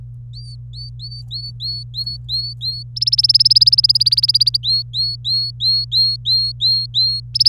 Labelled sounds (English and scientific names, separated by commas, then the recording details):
Domestic Canary (Serinus canaria) song
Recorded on 25 April 2018 at 17:27
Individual llb3